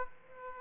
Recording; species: mosquito wingbeat signal from an infrared sensor; Aedes aegypti